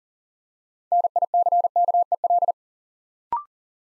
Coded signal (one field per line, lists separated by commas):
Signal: Morse code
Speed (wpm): 42 wpm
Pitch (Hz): 700 Hz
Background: none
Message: NICKEL